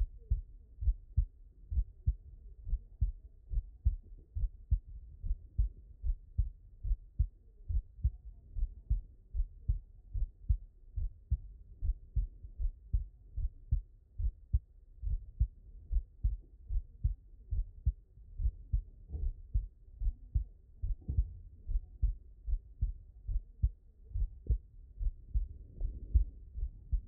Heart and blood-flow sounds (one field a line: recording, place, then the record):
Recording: heart sounds by stethoscope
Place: mitral valve (MV)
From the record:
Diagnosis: non-HFrEF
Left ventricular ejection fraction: 60%